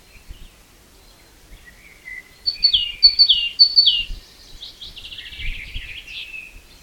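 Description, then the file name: Great tit song: a brief run of sharp descending notes followed by a rapid trill of softer notes. "Parus major"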